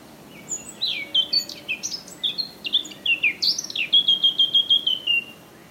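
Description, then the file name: Eurasian blackcap singing a quick, jumbled warble of squeaky and twittering notes, then a bright series of clear whistled notes repeated rapidly and dropping a little in pitch. "Sylvia atricapilla"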